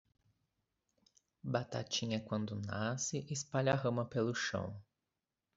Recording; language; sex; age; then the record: short text; Brazilian Portuguese; male; 20 to 29 years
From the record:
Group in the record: control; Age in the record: 27 years